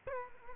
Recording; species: mosquito wingbeat signal from an infrared sensor; Culex quinquefasciatus